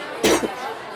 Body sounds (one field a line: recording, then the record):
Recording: coughing mixed with background sound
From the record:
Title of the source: 61 morning phlegmy cough...again